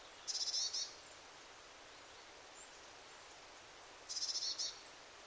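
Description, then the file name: Eurasian blue tit calls: two brief, very high, rapid twittering bursts about four seconds apart, each roughly half a second long, over soft steady hiss. "Cyanistes caeruleus"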